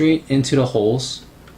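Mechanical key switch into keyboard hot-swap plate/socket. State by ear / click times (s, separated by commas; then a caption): not seated / none. A mechanical key switch is being handled over the hot-swap plate and socket of a Tecware Phantom mechanical keyboard as someone talks about lining it up with the holes and pushing it down. A faint tick comes near 1.5 s, but nothing has seated or clicked yet.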